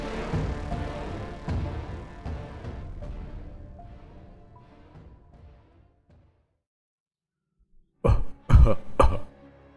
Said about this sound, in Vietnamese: Tiếng ho đặc sệt vang lên, âm điệu rất quen thuộc.